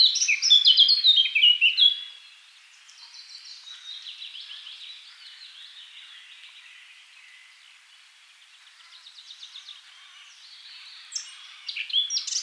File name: Sylvia atricapilla